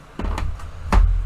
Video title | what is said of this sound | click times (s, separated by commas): Sabrent USB 3.0 Hard Drive Docking Station - Unbox & Review | slide it in locks into place close the lid there you guys go | 0.9 s